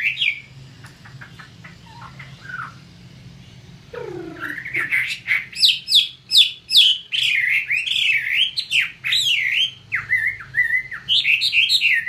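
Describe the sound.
Chinese hwamei with a few soft notes, then a descending slur followed by loud varied whistles and repeated swooping phrases.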